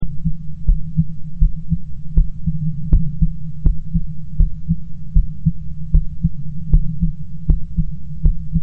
Heartbeat.